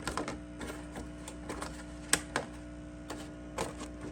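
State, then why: Not seated. A plastic cover is handled and pressed toward a seed starting tray from a summer squash seed starting kit, with sharp plastic taps near 0.2, 2.1 and 2.4 seconds over a steady low hum. The clip ends just before the cover goes home, so nothing has seated or clicked yet; this cover is the one that goes on to sit properly, unlike the last one.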